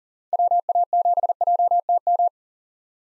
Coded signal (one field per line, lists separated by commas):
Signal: Morse code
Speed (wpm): 40 wpm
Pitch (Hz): 700 Hz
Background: none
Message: WA7JTM